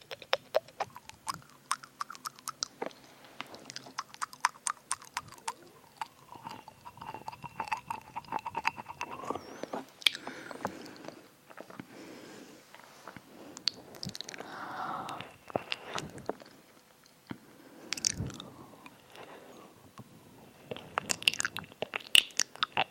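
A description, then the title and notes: Ear eating with tingly mouth sounds: wet clicks, smacks and sticky crunchy bites come in quick irregular bursts, densest in the first few seconds and again near the end. In between, softer squishy licking and breathy swishes fill the gaps, with brief quiet pauses. ASMR EAR EATING [tingly mouth sounds].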